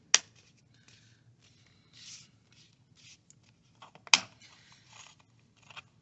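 After a new screen is fitted to an HP Chromebook 11 G8EE, the plastic screen bezel clips are pressed back into the laptop lid housing. Two loud, sharp snaps ring out at 0.1 s and 4.1 s, with quieter scraping and rustling of plastic in between. The bezel clips are seated back in place.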